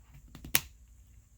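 A 3D printed plastic leash connector is pushed single-handed into its ankle cuff buckle receiver. Two faint contact taps at 0.35 and 0.45 seconds come before a sharp, bright click at 0.6 seconds as the connector snaps into place, confirming it has seated.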